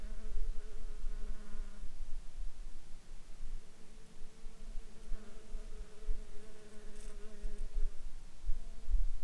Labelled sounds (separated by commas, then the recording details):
insects
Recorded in Ivvavik National Park, Yukon, on 4 July 2019 at 00:54
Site SINP09